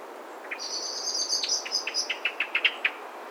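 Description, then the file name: Common blackbird calls: a high, thin, drawn-out note followed by a rapid series of short chips. "Turdus merula"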